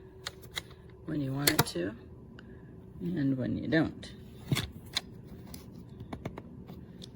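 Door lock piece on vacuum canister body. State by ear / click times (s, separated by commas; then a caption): not seated / none. Someone talks while working the plastic door lock piece on the canister body of an Oreck Commercial XL Pro 5 Super Compact bagged canister vacuum by hand, trying to click it into place. Short, sharp plastic taps and rattles sound throughout, around 0.3, 0.6, 2.4, 5.0, 6.1, 6.3 and 7.0 seconds. Nothing has clicked or seated yet: the door lock fails to stay latched.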